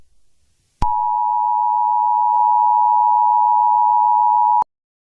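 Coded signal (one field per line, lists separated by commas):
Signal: Emergency Alert System (SAME) tones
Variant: 853 and 960 Hz attention tone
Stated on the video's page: Simulated, fictional EAS broadcast for an SCP Foundation scenario; not an actual emergency broadcast.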